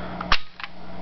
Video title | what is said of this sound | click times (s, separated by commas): Howa 1500 Custom Sniper Rifle | Click. All right. Now, how this works to chamber the round. | 0.3 s